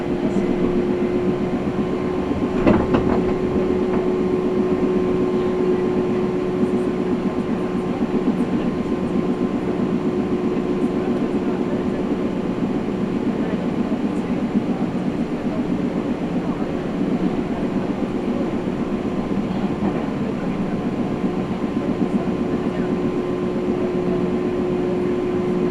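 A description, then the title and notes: A Nagoya Railroad Mikawa Line train rolls along with a steady, dense low rumble and a fast, regular rattle of wheels. A constant whining tone runs underneath throughout. A brief sharp clank stands out near the three-second mark, with faint higher squeaks scattered later. Nagoya Railroad Mikawa Line Chiryu to Hekinan.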